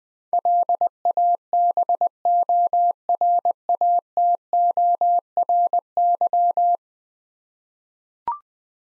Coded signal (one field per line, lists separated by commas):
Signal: Morse code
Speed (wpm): 20 wpm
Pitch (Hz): 700 Hz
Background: none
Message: LABORATORY